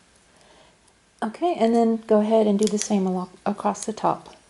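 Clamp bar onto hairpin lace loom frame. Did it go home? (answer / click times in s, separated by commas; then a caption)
no / none. A plastic clamp bar is being handled at the top edge of a hairpin lace loom frame, ready to be pressed over its metal rods. After a quiet start, someone talks from about 1.2 seconds to the end. Nothing has seated or clicked yet.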